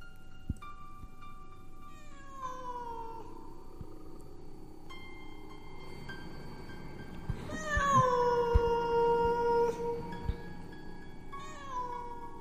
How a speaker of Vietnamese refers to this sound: Xung quanh đây văng vẳng có tiếng con mèo kêu lên đâu đó, nghe đến rợn cả người.